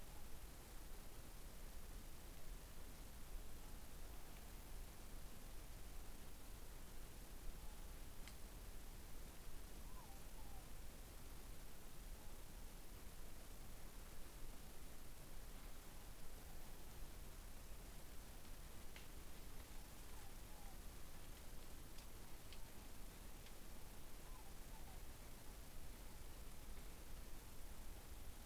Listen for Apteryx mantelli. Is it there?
no